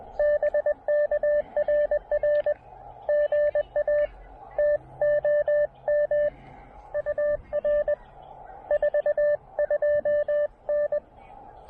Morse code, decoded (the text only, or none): BKRR GA TOM UR 42N